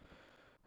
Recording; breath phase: one breath near a microphone; inhalation